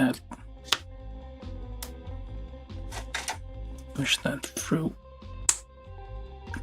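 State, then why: Seated. A plastic model kit part, for a 1/48 HG Bandai Reginleif mecha, is pushed through its mating socket on the mecha body while someone talks over background music. A sharp, strong click at 5.5 seconds marks the part seating in place.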